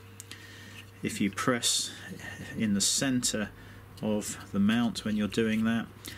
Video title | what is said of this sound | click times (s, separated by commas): ghd-repair.co.uk - GHD SS4 & SS5 Thermal Fuse Plate Assy | the other side and just gently squeeze down until it clicks in place | 0.2 s, 0.3 s